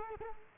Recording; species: mosquito wingbeat signal from an infrared sensor; Culex quinquefasciatus